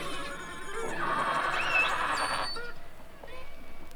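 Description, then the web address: Beluga whale squeal: a harsh, buzzy drawn-out call with a short whistle in its middle, then scattered faint chirps over background hiss. Several belugas in the Arctic. "Avant Garde Project. Arctic Belugas"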